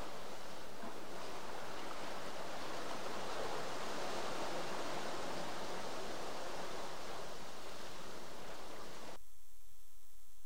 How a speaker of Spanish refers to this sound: Y ahí teníamos el agüita de fondo, porque estos dinosaurios vivían ¿en dónde? En el agua. En el agua, ¿sí?